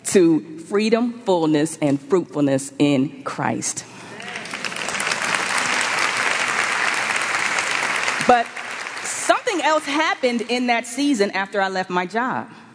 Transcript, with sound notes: to freedom, fullness, and fruitfulness in Christ. (applause) But something else happened in that season after I left my job.